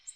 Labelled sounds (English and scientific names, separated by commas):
Nashville Warbler (Leiothlypis ruficapilla) flight call